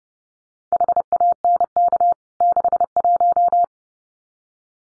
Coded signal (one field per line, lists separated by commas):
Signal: Morse code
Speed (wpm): 30 wpm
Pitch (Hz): 700 Hz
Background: none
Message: HANK 61